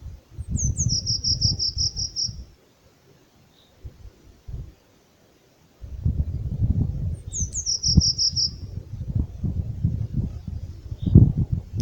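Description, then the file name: Eurasian blue tit calls: a high trill of short rapid notes led by two slurred notes, given twice, with low rumbling background noise. "Cyanistes caeruleus"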